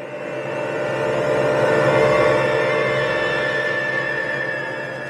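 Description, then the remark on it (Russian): A car speeds past along a side street at about 60 miles per hour, its engine roar swelling to a loud peak and then trailing off over about five seconds, a steady droning tone with no voices. “Машина мчалась по боковой улице со скоростью 60 миль в час. Когда она проезжала мимо нас,”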